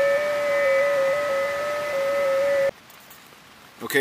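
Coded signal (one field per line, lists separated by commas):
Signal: FT8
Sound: several soft overlapping steady tones warbling slightly in pitch, then abrupt quiet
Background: radio static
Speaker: try ft8 now sounds like a bit of activity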